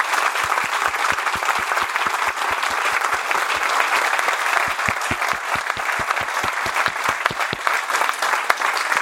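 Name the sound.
audience applause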